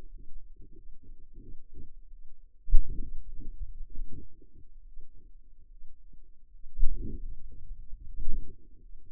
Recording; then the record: forearm muscle sounds (acoustic myography)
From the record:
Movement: hand opening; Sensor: system 2, bracelet of six BSWA MPA416 microphones around the upper forearm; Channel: 3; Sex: female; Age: 23 years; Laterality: right